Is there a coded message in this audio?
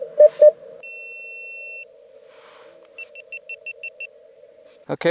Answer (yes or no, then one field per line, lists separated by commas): no